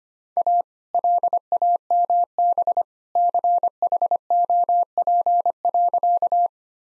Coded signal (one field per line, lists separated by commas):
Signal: Morse code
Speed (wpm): 25 wpm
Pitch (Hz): 700 Hz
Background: none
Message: A LAMB CHOP.